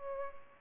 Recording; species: mosquito wingbeat signal from an infrared sensor; Culex pipiens